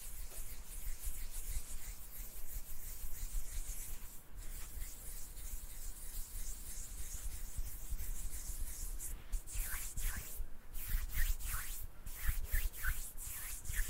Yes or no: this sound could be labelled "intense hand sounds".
yes